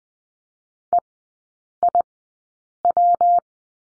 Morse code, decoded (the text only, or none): EIW